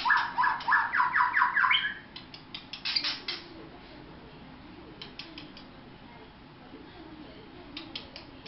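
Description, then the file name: White-rumped shama song: a quick burst of buzzy, stuttering repeated notes for two seconds, then sharp clicks and long near-silence with a few faint ticks. Vietnam. "shama vietnam omkicau"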